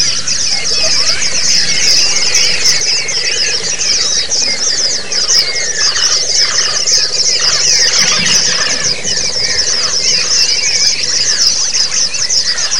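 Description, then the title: White-eye song: many overlapping high, sibilant chirps forming an unbroken twittering wall of sound over the whole stretch. Therapy song in the ombyokan (group) style. "Suara Terapi Pleci Ombyokan"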